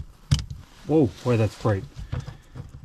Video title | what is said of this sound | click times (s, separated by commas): Cargo Lamp with 18 Chip LED’s Installation! - 2024 Chevrolet Trax 4K | and you can see the difference and it just snaps right in there | 0.3 s